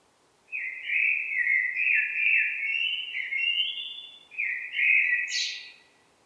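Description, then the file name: Eurasian blackbird song: a long, rich, fluted warble, then a second shorter phrase finishing with a sharp, squeaky high note. "Turdus merula"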